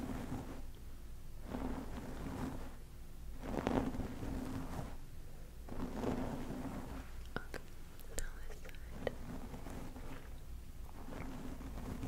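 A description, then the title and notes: Soft brushing and scratching strokes through hair come in repeated swells, with a low steady hum beneath and a few sharp clicks near the end. ASMR 30 Minutes of Hair Play hair clipping, hair brushing, head scratching.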